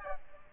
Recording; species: mosquito wingbeat signal from an infrared sensor; Aedes aegypti